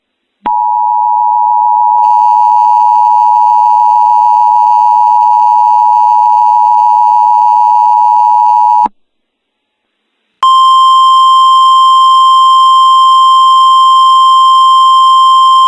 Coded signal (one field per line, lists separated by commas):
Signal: Emergency Alert System (SAME) tones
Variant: 853 and 960 Hz attention tone